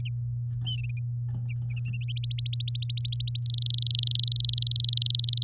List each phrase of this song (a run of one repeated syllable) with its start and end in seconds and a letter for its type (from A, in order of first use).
2.16-3.40 A, 3.46-5.43 B